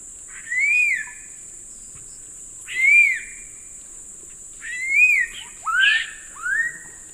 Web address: Natures Songs S America Eastern Lowlands. Donacobius atricapilla, calls and duet